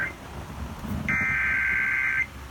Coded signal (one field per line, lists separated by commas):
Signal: Emergency Alert System (SAME) tones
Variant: header bursts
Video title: EAS Severe Thunderstorm warning 8/22/19 2